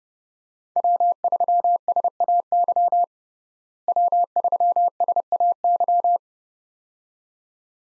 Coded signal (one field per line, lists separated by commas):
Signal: Morse code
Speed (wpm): 30 wpm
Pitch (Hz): 700 Hz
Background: none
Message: W3SAY W3SAY